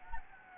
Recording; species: mosquito wingbeat signal from an infrared sensor; Anopheles gambiae